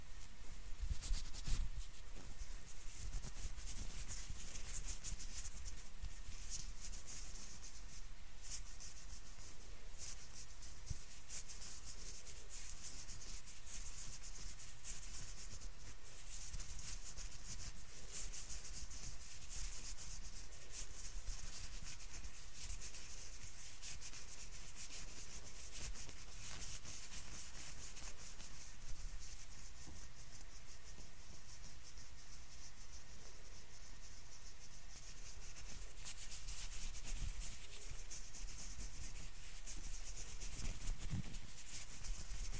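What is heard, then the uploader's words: Steady rubbing and brushing sounds of a face treatment, with no talking. The scratchy, bright texture stays dense and even for the whole stretch, with soft low thumps and slight swells in intensity now and then, especially near the start and end. ASMR FACE TREATMENT, ASMR CLEANING YOUR FACE, ASMR FACE TREATMENT SPA, ASMR FACE MASSAGE NO TALKING.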